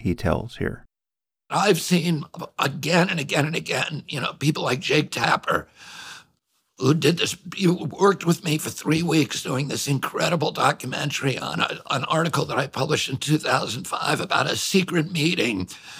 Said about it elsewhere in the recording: He's got a vocal condition called spasmodic dysphonia, the effects of which you will certainly notice.